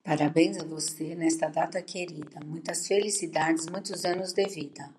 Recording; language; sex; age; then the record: short text; Brazilian Portuguese; female; 60 to 69 years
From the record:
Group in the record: control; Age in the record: 61 years